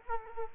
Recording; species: mosquito wingbeat signal from an infrared sensor; Culex quinquefasciatus